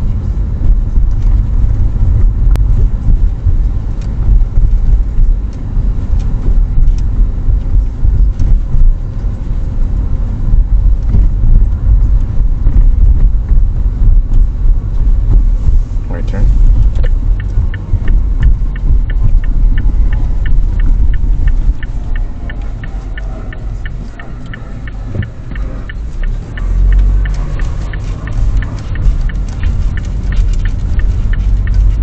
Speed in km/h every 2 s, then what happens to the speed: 32, 31, 30, 30, 29, 30, 29, 29, 28, 21, 11, 0, 1, 11, 16, 20.
0-16 steady at about 30. 16-22 brakes to 0. 22-24 standing. 24-32 pulls away to 20.